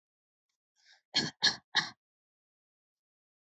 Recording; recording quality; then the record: shallow voluntary cough; excellent, no background noise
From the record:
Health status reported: COVID-19 positive, mild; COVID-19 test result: positive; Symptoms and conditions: cold, fever, fatigue, muscle pain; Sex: female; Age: 22 years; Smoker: not ticked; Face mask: not worn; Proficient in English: yes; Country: India